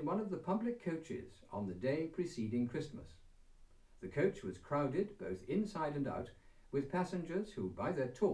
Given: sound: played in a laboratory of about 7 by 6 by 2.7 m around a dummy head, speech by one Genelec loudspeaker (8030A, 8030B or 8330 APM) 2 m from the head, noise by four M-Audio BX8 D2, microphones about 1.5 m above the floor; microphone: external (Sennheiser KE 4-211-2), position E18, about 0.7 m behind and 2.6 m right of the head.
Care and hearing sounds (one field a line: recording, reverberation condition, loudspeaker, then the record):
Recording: male speech in English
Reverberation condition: low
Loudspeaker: 150 degrees to the left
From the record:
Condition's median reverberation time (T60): about 310 ms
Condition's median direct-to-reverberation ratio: about 3.5 dB